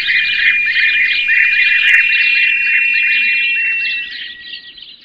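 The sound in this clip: House Sparrow chirping, a dense, continuous chorus of many overlapping chirps from several birds, with a steady electronic tone running through, fading slightly toward the end.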